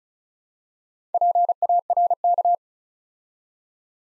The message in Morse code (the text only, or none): PARK